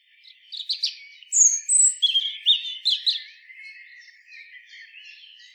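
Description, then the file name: European robin song: soft opening twitters, then a sparkling phrase of sharp high whistles and quick warbled notes, ending in quieter, wavering twittering. "Erithacus rubecula"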